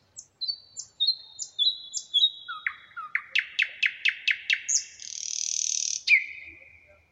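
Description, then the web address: Common nightingale song: soft high whistles, a rapid run of loud identical notes, then a harsh rattling buzz and a final whistle. "rossignol chant du rossignol a zhuravleva"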